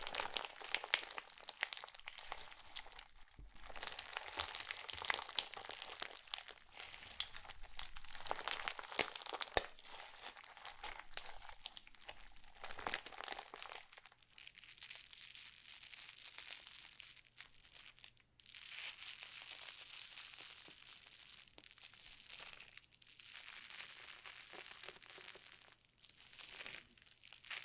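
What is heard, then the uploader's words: Slime being squished and pressed, with dense crackling, crinkly bursts and wet pops packed tightly through the first half. Around the midpoint it turns quieter and softer, a steadier fizzing texture broken by brief gaps, while a faint low hum runs underneath. Satisfying ASMR Slime.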